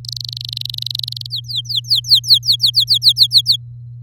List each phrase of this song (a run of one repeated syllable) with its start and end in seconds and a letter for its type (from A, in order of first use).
0.04-1.27 A, 1.30-3.56 B